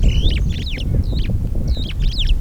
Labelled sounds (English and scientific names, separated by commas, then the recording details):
Superb Starling (Lamprotornis superbus) flight call
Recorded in Kenya